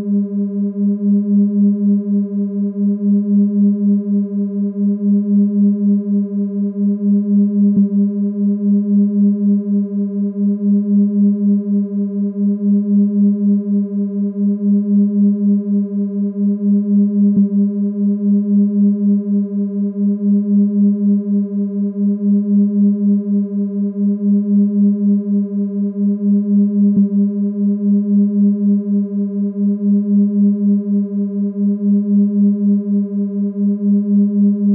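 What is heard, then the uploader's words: A delta binaural beat at 3.5 Hz: one steady, low hum with a few faint, thin overtones above it, holding unchanged for the whole clip. The volume wavers in a fast, even pulse, and soft clicks occur about every ten seconds. Delta Binaural Beats - 3.5Hz. Delta 雙耳節拍 - 3.5Hz.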